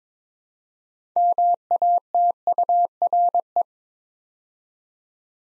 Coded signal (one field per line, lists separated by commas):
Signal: Morse code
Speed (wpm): 23 wpm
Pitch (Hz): 700 Hz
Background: none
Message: MATURE